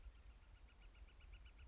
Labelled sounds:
Northern Flicker

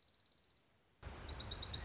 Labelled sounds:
Dark-eyed Junco

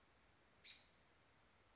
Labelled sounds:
American Robin

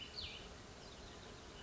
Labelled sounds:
Cassin's Vireo

